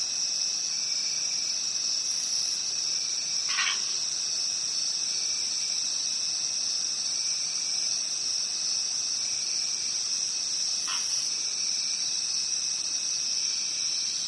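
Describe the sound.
Steady shrill cricket trilling runs the whole time, with two brief lower chirps far apart.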